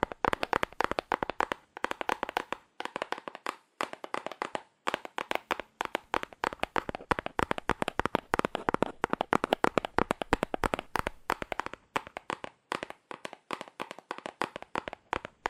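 Fast, aggressive tapping on cardboard, a dense run of sharp dry hits in quick bursts with brief pauses, steady throughout sixteen seconds.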